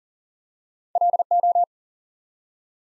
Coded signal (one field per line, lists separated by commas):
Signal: Morse code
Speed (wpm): 39 wpm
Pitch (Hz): 700 Hz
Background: none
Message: LO